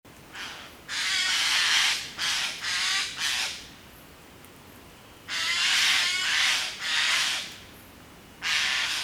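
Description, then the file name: Eurasian jay giving harsh, rasping screeches, noisy bursts in two clusters of several calls each, separated by a quiet gap, with a final screech at the end. "Garrulus glandarius"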